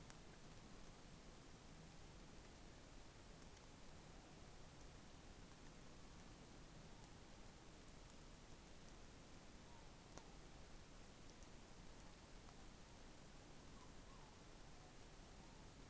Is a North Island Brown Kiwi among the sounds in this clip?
no